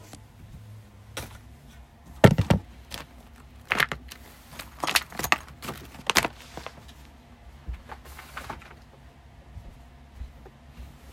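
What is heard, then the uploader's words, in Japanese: Cleaning and tidying, with a desk and sofa being moved around. Irregular clunks, knocks and scraping bursts come every second or so, the loudest around two seconds in. Between them a low steady rumble continues. 掃除と片付け。机とソファの位置を変える。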